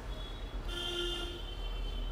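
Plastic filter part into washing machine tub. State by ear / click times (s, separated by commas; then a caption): not seated / none. A plastic filter part is handled at the tub of a Panasonic fully automatic top-load 7.2 kg washing machine, with nothing seated or clicked into place yet. Steady high tonal lines and a low hum play over continuous background noise, growing a little stronger after about 0.7 seconds.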